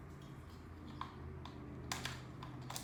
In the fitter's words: snaps in place. Plug it back in.